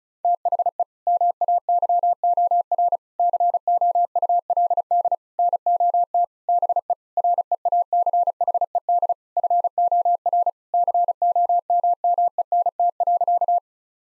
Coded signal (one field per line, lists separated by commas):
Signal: Morse code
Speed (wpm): 36 wpm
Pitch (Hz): 700 Hz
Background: none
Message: THE MAYOR COULD NOT BE REACHED FOR COMMENT.